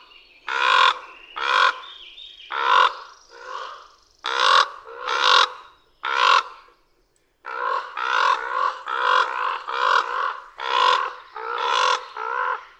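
Common raven calling with repeated hoarse, throaty croaks in two runs split by a short silence.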